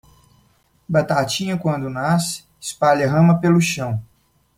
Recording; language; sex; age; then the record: short text; Brazilian Portuguese; male; 20 to 29 years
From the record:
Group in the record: control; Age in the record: 26 years